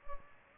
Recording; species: mosquito wingbeat signal from an infrared sensor; Culex pipiens